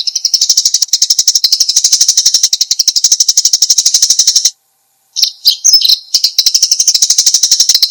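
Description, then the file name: Eurasian tree sparrow chirping, high clipped notes repeated rapidly and evenly, interrupted by a brief silence and a few uneven chirps. "suara burung gereja"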